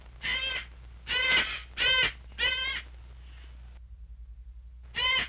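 Bird calls: harsh raspy caws in a run of four, a quiet gap, then one more caw.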